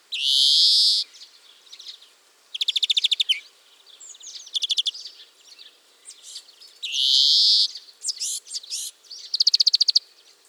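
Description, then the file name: European greenfinch: two long harsh wheezing buzzes, each followed by quick ringing trills and soft twitters. "Chloris chloris"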